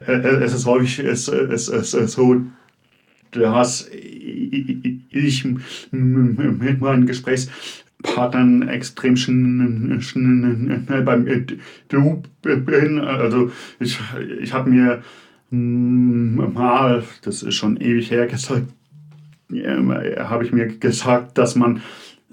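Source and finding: Adult male speaker (German). Stuttering.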